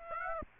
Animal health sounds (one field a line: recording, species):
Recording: mosquito wingbeat signal from an infrared sensor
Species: Aedes aegypti